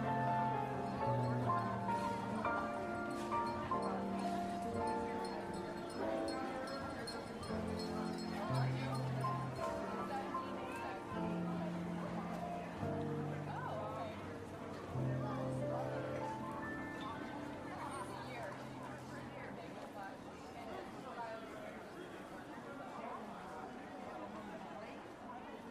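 Holiday tunes play on piano over a steady murmur of market voices. Clear, sustained notes and a low bass line move at an unhurried pace through the first two-thirds, then the playing grows busier and blurrier as the crowd chatter carries on underneath.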